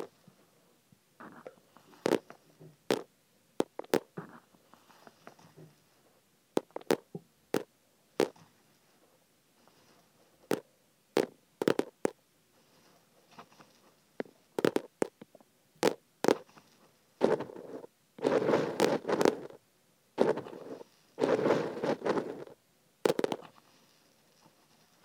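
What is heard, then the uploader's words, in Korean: Sesame seeds being poured and rubbed against an ear make sharp, scattered clicks and crackles with quiet gaps between them. Later, from about 17 to 23 seconds, the sound thickens into louder, dense bursts of grainy rustling, then thins back to sparse ticks. 귀에 참깨 넣는 소리.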